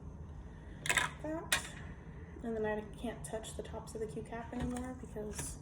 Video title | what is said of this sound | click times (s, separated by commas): Egg Donation Process | You can just hear it snap on, and then you | 1.0 s